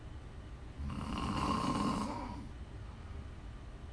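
A sleeping adult woman snores: a long, low rattling snore swells over about a second and a half, fades, then begins again.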